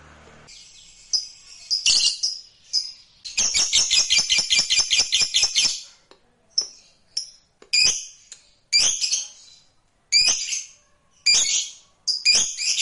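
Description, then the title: Lovebird calls, sharp screechy chirps given singly and in short bursts, with one rapid stuttering series early on and pauses between calls. "Suara Lovebird"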